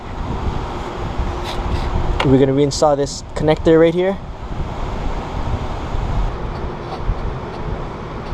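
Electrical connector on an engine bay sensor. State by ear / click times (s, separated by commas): not seated / none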